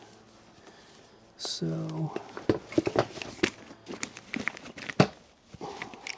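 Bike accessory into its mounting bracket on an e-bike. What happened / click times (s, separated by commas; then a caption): The accessory did not click into its mount / none. Someone talks briefly as a bike accessory is pushed onto its mounting bracket on an e-bike, producing a crinkling rustle followed by a series of sharp plastic taps and knocks, the loudest near 5.0 s. Nothing has seated or clicked yet; the accessory mount fails to click in.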